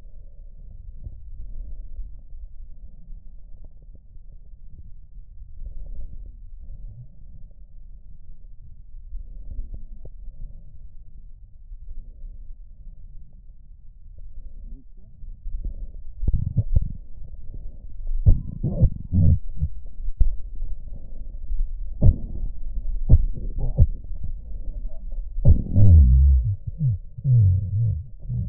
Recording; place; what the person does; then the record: lung sounds by stethoscope; right posterior apical chest; quiet breathing, then cough and speech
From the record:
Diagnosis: pulmonary infection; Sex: male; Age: 69 years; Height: 184 cm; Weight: 115 kg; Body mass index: 34.0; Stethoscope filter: extended mode